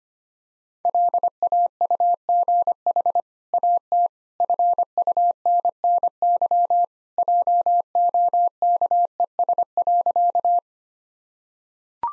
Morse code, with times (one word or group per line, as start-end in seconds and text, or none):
0.9-3.2 LAUGH
3.5-4.1 AT
4.4-6.8 FUNNY
7.2-10.6 JOKES.